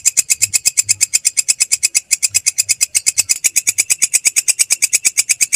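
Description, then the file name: Grasshopper stridulation as a continuous, fast train of high, rasping ticks, steady throughout. "suara belalang kecek"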